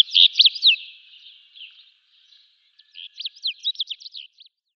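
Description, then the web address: House bunting singing a rapid, jangling phrase of clipped down-slurred notes, a quieter pause, then another fast phrase of chirpy notes. "Schulze Peter House Bunting"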